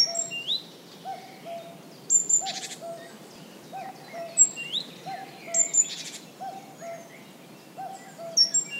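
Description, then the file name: Great tit calling: high thin notes, twice running into a short buzzy churring rattle, while low paired hoots repeat in the background. "Parus major"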